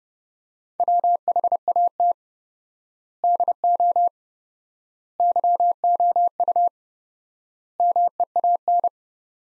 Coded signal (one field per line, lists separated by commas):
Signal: Morse code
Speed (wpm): 29 wpm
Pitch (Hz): 700 Hz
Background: none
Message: WHAT DO YOU MEAN